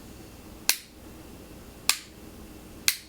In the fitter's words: thumb safety very audible click so